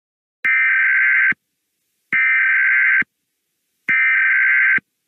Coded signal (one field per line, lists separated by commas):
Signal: Emergency Alert System (SAME) tones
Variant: header bursts